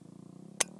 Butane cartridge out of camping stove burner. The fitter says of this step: twist it makes a click